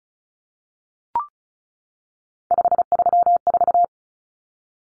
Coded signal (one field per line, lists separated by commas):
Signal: Morse code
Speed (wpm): 34 wpm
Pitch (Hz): 700 Hz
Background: none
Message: 534